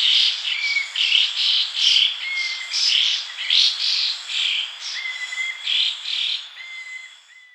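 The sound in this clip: Ferruginous babbler calls, rapid scratchy chatter in quick bursts mixed with short clear whistles, fading toward the end.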